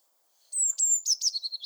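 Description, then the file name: Eurasian blue tit call: a high sustained whistle falling slightly, then a quick series of lower scratchy notes, all within under two seconds. "Cyanistes caeruleus"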